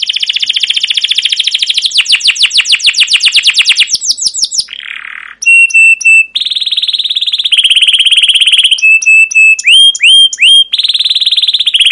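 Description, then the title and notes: Canary song: a fast trill of high chirps followed by steady ringing whistled tones and clipped, repeated metallic notes. Caged canary song used as a lure and tutor for young canaries learning sounds; long, continuous chirping-and-rolling style called cuit cuit ngerol, gacor panjang. "CUIT CUIT NGEROL LANGSUNG GACOR PANJANG Kenari Ini AMPUH Utk Pancingan KENAR. PANCINGAN Kenari GACOR PANJANG Cuit CUIT EMOSI ini AMPUH utk MASTERAN Kenari PAUD belajar BUNYI. burung kenari"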